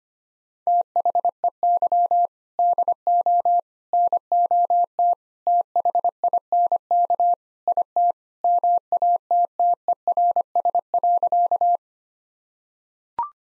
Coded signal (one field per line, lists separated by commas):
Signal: Morse code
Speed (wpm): 25 wpm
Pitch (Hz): 700 Hz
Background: none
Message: THEY DO NOT THINK IT MATTERS.